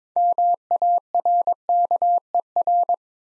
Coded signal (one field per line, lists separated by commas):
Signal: Morse code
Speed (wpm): 22 wpm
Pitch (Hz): 700 Hz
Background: none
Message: MARKER